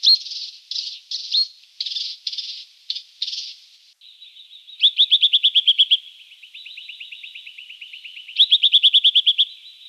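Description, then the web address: Brown treecreeper calling: a series of harsh high chattering notes, then fast rattled trills of sharp repeated notes, twice, with a softer trill between. Recorded in a Canberra garden. "canberra-garden-birds treecreepers brown-treecreeper"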